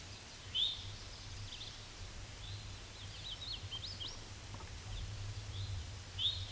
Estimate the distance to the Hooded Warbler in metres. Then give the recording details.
about 100 m. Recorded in a Pennsylvania forest on 18 May 2023 at 12:33. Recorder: AudioMoth, point grid1_30_low. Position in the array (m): 166 m, 171 m